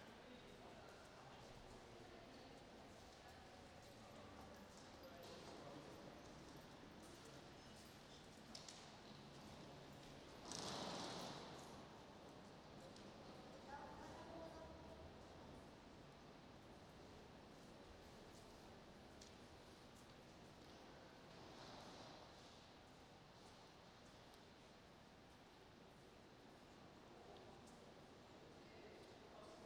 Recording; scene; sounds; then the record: everyday scene through a hearing-aid microphone; reverberant space; background noise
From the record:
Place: railway station hall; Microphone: in the ear canal, right